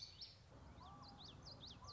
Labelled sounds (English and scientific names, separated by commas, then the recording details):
Common Yellowthroat (Geothlypis trichas)
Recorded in Sonoma County, California